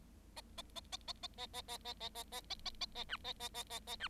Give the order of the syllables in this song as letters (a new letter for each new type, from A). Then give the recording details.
A A A A A A A A A A A A A A A A A B A A A A A B. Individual Bird7